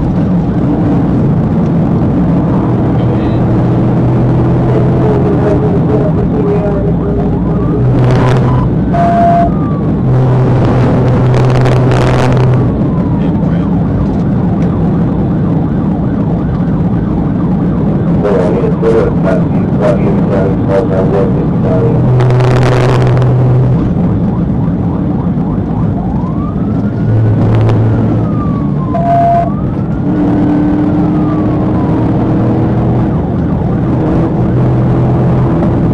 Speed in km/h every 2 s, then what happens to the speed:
142, 151, 158, 155, 158, 156, 156, 158, 155, 155, 155, 150, 140, 137, 130, 143, 150, 158.
0-4 speeds up to 158. 4-21 steady at about 156. 21-28 brakes to 130. 28-36 speeds up to 158.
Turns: none.